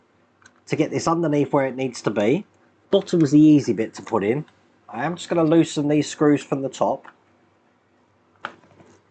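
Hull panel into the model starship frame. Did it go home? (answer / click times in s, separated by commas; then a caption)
yes / 8.5 s. A hull panel of a die-cast Star Trek Enterprise NCC-1701-D starship model is pushed into the model's frame after the top screws are loosened. Someone talks through most of the clip, then after a pause a sharp snap is heard at 8.4 s. The panel has seated into place.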